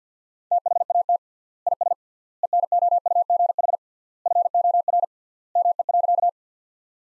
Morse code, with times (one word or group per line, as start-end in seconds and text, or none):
0.5-1.2 THAT
1.7-1.9 IS
2.4-3.8 ENOUGH
4.3-5.0 FOR
5.6-6.3 ME.